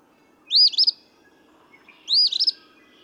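Eastern phoebe singing its raspy, stuttered two-note phrase twice, roughly one and a half seconds apart.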